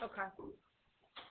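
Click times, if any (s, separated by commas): 1.2 s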